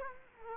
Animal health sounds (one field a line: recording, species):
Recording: mosquito wingbeat signal from an infrared sensor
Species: Culex quinquefasciatus